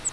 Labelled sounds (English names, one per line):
Grace's Warbler flight call